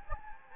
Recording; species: mosquito wingbeat signal from an infrared sensor; Anopheles gambiae